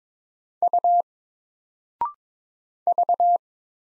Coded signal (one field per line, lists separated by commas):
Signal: Morse code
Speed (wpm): 22 wpm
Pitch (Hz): 700 Hz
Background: none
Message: U V